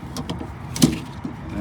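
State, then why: Seated. After tightening a tie-down strap over boards, the metal ratchet handle is swung closed, with a few light metallic ticks early on. It snaps into its locked position with a sharp click at 0.8 s, and the handle is confirmed locked in place.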